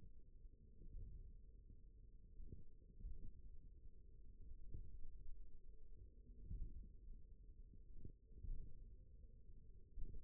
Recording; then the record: forearm muscle sounds (acoustic myography)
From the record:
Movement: finger pinch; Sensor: system 1, eight BSWA MPA416 microphones around the upper forearm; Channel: 4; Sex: male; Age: 41 years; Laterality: right